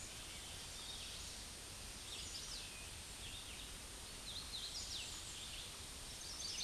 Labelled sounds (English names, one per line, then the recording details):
Hooded Warbler song
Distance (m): 75 m
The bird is about 10 m above the microphone
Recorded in a Pennsylvania forest on 16 May 2024 at 08:25
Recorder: AudioMoth, point MSD-2391
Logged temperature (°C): 15.0 °C
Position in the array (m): 165 m, 94 m